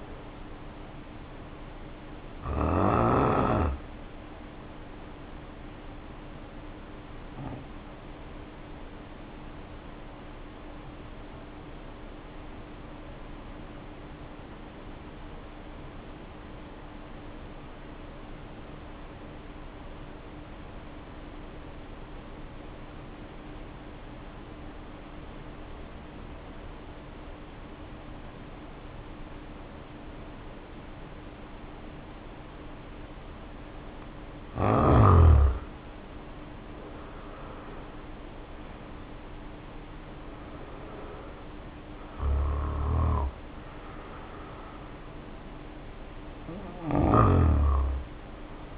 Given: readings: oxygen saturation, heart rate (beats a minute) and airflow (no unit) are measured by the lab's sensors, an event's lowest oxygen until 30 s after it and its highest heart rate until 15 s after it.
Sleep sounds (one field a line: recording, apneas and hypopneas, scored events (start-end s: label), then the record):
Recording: breathing in sleep by a voice recorder at the bedside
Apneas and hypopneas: 1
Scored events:
5.00-36.60 s: hypopnea (N1, oxygen 94% highest, then 72% lowest, heart rate 48 at the start, 69 highest)
21.00-48.78 s: new sleep stage, N2 (light sleep)
From the record:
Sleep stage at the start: N1 (lightest sleep)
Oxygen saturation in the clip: 72 to 94%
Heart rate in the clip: 48 to 69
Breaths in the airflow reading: 15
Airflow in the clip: -1.6 to 2.8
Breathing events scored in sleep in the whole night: 520 in 7.2 hours asleep